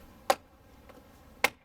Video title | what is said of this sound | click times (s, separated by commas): Replacing the rear speakers on a 2012 Veloster | for it to pop into place like | 0.3 s, 1.4 s